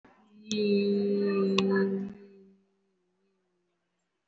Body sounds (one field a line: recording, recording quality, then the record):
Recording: sustained vowel as in beet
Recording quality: excellent, no background noise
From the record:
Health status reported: respiratory illness, not identified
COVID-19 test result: negative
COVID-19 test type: RT-PCR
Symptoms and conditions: breathing difficulty, muscle pain, another respiratory illness, another condition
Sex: female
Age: 37 years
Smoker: no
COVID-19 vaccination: one dose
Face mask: worn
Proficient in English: no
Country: India